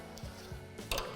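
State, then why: Seated. With the tailgate of a 2019–2022 RAM 1500 lifted, the upper plastic clip socket of the tailgate assist strut drops onto its ball stud. A faint tick comes at about 0.2 s, then a sharp snap at 0.9 s over a low steady background. The socket is snapped into place on the ball stud.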